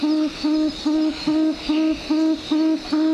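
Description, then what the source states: Tawny frogmouth giving a deep, soft hooting call, eight even notes repeated steadily about every 0.4 seconds, with no other clear sounds. Played on radio during a chat about birds; call described as quite repetitious.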